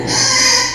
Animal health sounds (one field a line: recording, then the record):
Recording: squeal of a Yucatan mini pig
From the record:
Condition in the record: before surgery on the right vocal fold (resection and tissue-engineered implant)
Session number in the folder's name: 2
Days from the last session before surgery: 0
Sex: male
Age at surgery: 12 weeks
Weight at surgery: 13 kg